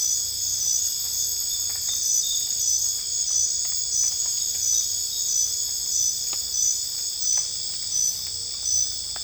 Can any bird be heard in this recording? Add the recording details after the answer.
no. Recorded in dense forest near Puerto Asís, Putumayo, Colombia, on 22 December 2024 at 22:30. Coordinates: 0.484, -76.325. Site G056